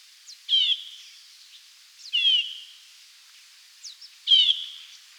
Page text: Stripe-Throated Yuhina Calls - Quick Sounds